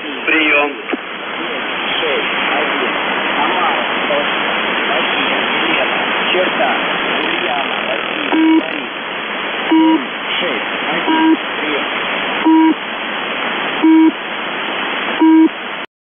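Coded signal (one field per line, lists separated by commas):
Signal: numbers station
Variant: UVB-76 (The Buzzer)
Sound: radio hiss, then six short low harsh buzzes repeating about every 1.4 seconds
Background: radio static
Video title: Uvb 76/ The buzzer voice message January 6, 2022 11:46 UTC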